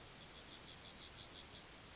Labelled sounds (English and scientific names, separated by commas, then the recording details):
Yellowhammer (Emberiza citrinella) song
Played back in grassland
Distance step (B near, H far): C
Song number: 165